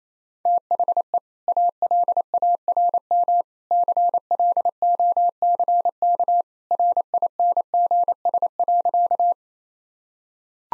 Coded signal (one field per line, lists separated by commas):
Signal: Morse code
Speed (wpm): 27 wpm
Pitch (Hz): 700 Hz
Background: none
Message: THE ALARM CLOCK RINGS.